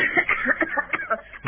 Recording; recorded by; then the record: voluntary cough; telephone call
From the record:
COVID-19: positive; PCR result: checked with the laboratory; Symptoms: no